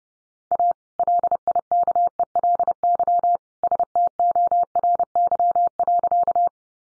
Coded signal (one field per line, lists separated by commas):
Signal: Morse code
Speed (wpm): 30 wpm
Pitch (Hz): 700 Hz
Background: none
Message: A LIKELY STORY.